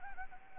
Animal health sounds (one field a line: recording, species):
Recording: mosquito wingbeat signal from an infrared sensor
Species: Anopheles gambiae